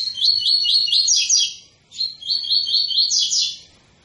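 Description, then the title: Double-collared seedeater song in two fast phrases of repeated buzzy, chirping notes separated by a brief pause. Tui-tui song style, intended as a teaching song for young birds; the bird is described as 'fibra'. "COLEIRO TUI TUI FIBRA CANTO PROFESSOR"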